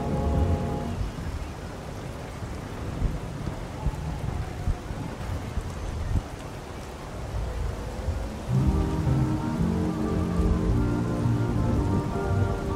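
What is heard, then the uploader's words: Oldies music plays in another room while traffic noise comes through an open window, a steady rushing hiss running underneath throughout. Muffled tones open the clip, fade into a dull rumble, and a fuller, louder stretch of music returns from around eight seconds onward. A Perfect Parisian Night (Music Playing With Traffic Noises). Oldies In Another Room While Traffic Noises Play Out The Open Window.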